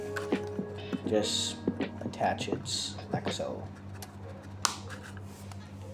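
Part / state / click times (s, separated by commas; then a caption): plastic accessory onto an action figure's arm peg / seated / 4.6 s. Someone talks while a plastic accessory is pressed onto the arm peg of a BLOKEES Transformers Classic Class Rise of the Beasts 01 Optimus Prime action figure, after one of the figure's hands has been popped off. A sharp plastic click at 4.7 s marks the accessory seating onto the arm.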